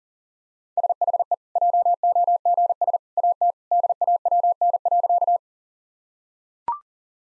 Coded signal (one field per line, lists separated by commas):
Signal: Morse code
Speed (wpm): 40 wpm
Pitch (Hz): 700 Hz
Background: none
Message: SHE JOGS AT DAWN.